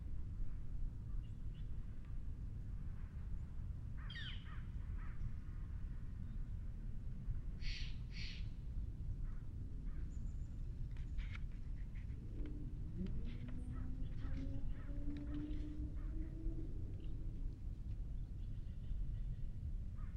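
Outdoors at Tilden Regional Park in Orinda, California, a steady low rumble fills the whole scene without letup. Brief sharp chirps and clicks poke through around four and eight seconds, and from about twelve seconds a rising, whining tone like a passing engine sweeps upward.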